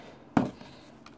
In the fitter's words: and there we have it that's snapped in place